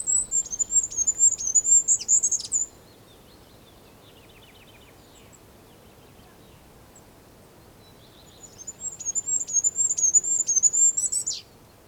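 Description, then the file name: Goldcrest singing two very high, thin, rhythmic phrases, each ending in a short twirl, separated by about six seconds of quiet. Song; Europe. "Wintergoldhaehnchen Gesang Voegel in Europa"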